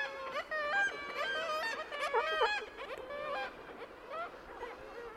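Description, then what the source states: Black-legged Kittiwake trumpeting in a dense run of nasal, harmonic notes, wavering and rising and falling. Close-up; very quiet trumpeting call accompanying the courtship head-bobbing display, which the literature calls silent; muffled because the female sits on the microphone.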